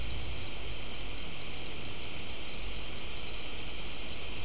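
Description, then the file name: High, even insect trill sustained without breaks, over a faint low rumble, with a single short higher chirp about one second in. "mainly insect"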